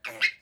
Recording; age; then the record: pig call; piglet (1 to 25 days)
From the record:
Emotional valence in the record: negative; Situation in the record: restrain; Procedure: back test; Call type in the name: high-frequency call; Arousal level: low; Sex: male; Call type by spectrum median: low-frequency call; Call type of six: high-frequency stable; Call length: 0.42 s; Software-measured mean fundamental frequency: 269 Hz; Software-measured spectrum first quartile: 2018 Hz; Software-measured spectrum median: 2320 Hz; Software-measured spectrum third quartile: 3098 Hz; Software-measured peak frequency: 2142 Hz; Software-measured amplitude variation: 273 dB a second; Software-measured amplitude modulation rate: 13.0 a second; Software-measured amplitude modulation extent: 21.0 dB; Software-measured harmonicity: 4.8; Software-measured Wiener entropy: -1.80